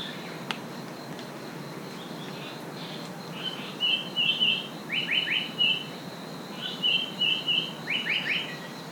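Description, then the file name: Japanese paradise flycatcher calls: whistled phrases mixed with quick downward-slurred notes, repeated in two similar bursts against a steady low hiss. "sankocho"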